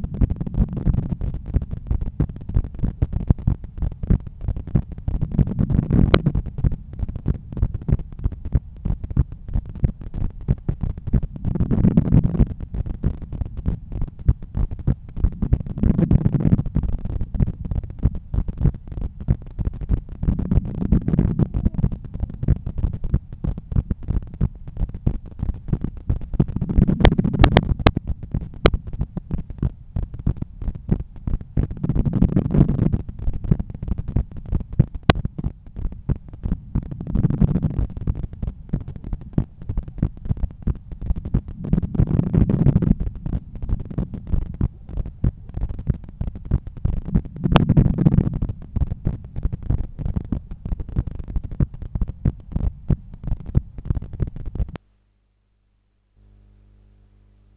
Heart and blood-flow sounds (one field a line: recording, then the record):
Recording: heart sounds by stethoscope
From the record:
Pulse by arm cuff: 94 bpm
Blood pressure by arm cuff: 143/94 mmHg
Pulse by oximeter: 97 bpm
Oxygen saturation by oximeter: 96%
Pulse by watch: 96 bpm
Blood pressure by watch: 133/87 mmHg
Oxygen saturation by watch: 97%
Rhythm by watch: sinus rhythm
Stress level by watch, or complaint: low stress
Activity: after 5 min smoking and coffee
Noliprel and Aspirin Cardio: after pills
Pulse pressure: 49 mmHg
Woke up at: 7:20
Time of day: 8:21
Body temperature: 36.9 C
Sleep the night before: 8 h 11 min, score 61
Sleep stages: REM 22%, light 68%, deep 3%, awake 7%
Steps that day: 9500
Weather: cloudy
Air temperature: 16.7 C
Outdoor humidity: 84%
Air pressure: 1014 hPa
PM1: 10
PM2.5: 15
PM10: 18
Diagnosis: hypertension, treated with Noliprel and Aspirin Cardio 100 mg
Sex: male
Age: 53 years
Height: 174 cm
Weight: 81 kg